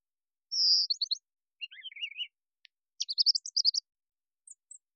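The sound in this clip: Brown thrasher song in short varied phrases: a high buzzy note, then chirpy lower warbles, then clipped high notes in quick bursts, with pauses between.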